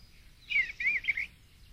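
Eastern bluebird song: one brief warbled phrase of three soft, undulating notes.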